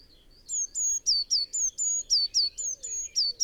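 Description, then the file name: Eurasian blue tit calling in a fast run of high, sharp notes, flat whistles mixed with downward slurs, repeated steadily for about three seconds. "Cyanistes caeruleus"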